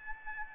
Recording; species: mosquito wingbeat signal from an infrared sensor; Aedes albopictus